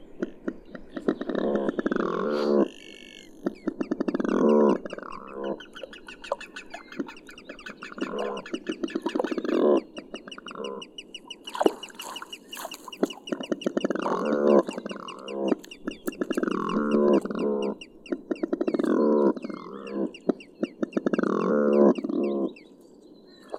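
Nasal, squawking animal calls come in clustered bursts roughly every two to three seconds, with clicks and rustling scattered between them.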